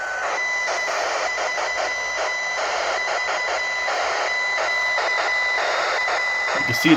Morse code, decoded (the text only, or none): N3VQW